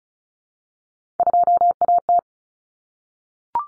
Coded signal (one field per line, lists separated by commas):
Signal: Morse code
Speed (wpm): 34 wpm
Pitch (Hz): 700 Hz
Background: none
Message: 2AT